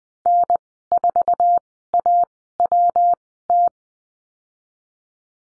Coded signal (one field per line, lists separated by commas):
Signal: Morse code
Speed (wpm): 20 wpm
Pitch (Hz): 700 Hz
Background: none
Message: N4AWT